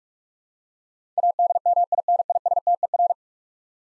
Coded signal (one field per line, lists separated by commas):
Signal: Morse code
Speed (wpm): 44 wpm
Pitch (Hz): 700 Hz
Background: none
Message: ADMINISTER